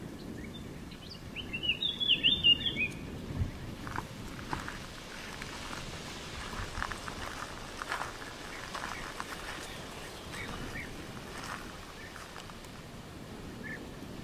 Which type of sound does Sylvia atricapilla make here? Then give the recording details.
song. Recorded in the wild. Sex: male. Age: adult. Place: Tiuccia, Corsica, FR. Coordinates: 42.0844, 8.75111. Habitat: macchia. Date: 2011-07-18 13:57. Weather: sunny, 30°C, light to moderate westerly winds. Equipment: Fostex FR2-LE, Sennheiser ME66, Popschutz. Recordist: Frommolt, Karl-Heinz